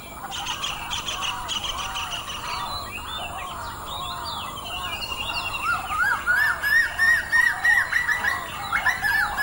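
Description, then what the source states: Waterbirds in a busy chorus; overlapping calls build toward the end into a rhythmic series of loud, rising yelps repeated about three times a second. Waterbirds recorded at dawn.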